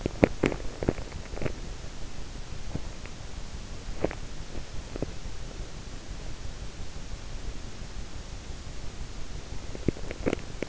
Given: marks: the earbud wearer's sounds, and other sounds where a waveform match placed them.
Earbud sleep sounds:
sounds in sleep by an in-ear microphone; teeth grinding
0.00-1.69 s: teeth grinding
3.84-4.32 s: teeth grinding
9.69-10.69 s: teeth grinding

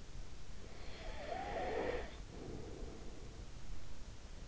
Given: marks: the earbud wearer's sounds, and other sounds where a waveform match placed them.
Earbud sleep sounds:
sounds in sleep by an in-ear microphone; snoring breath
0.70-3.24 s: snoring breath

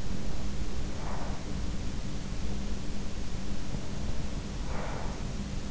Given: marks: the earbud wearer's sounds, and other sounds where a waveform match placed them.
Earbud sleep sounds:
sounds in sleep by an in-ear microphone; breath
0.68-1.94 s: breath
4.23-5.65 s: breath

